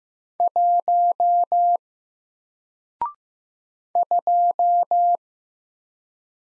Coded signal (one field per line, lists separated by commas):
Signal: Morse code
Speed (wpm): 15 wpm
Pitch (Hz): 700 Hz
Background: none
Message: 1 2